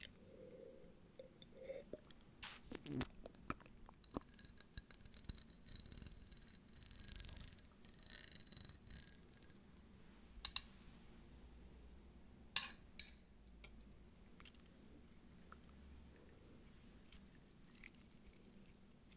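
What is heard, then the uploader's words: Someone eating, with scattered clicks and clinks of cutlery and dishes over a low steady murmur. Sharp taps come irregularly, with the loudest near three seconds and again around twelve and a half seconds, and soft chewing-like rustles fill the gaps. Eating only.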